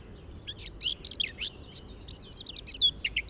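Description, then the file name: Eurasian blackcap singing a jumbled, scratchy warble of rapid chirps and twitters, steady for about three seconds over faint background noise. "Sylvia atricapilla"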